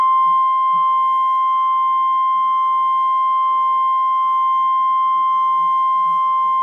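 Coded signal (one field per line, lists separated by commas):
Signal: Emergency Alert System (SAME) tones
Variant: 1050 Hz attention tone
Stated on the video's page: Real Emergency Alert System Tornado Watch alert.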